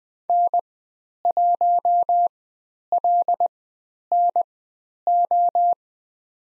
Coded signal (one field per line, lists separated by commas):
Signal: Morse code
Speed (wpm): 20 wpm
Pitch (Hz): 700 Hz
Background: none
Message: N1LNO